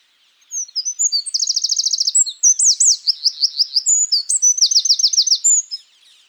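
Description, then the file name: Eurasian wren singing a loud, high-pitched torrent of clipped notes broken by quick buzzing trills, lasting around five seconds. "Troglodytes troglodytes"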